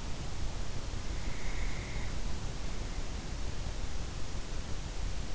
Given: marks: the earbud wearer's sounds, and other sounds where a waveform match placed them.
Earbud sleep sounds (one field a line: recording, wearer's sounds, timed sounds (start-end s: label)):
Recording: sounds in sleep by an in-ear microphone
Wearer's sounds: breath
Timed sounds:
1.44-3.22 s: breath